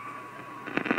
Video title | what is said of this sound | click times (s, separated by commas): Zenith 6S527 Operation | push in on the thing, and it snaps back in place. | 0.8 s